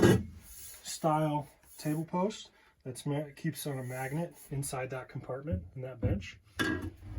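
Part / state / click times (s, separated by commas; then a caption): table post into magnetic holder in bench compartment / not seated / none. A wooden table post is handled near its storage spot inside a bench compartment, where a magnet holds it, while someone talks throughout. The clip ends before the post drops in, so nothing has seated or clicked yet.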